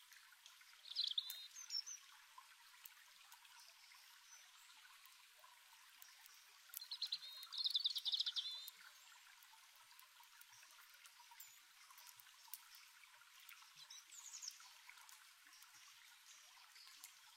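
A small stream trickles steadily beside a campfire, a thin, bright, even wash with no low rumble. Crisp bird chirps break in near the start, in a fuller burst around seconds seven to nine, and faintly near fourteen, with scattered light ticks throughout.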